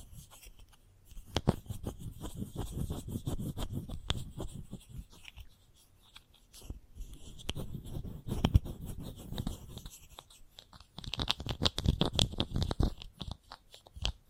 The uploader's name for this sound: Chalk Sounds Tapping, Scratching, Carving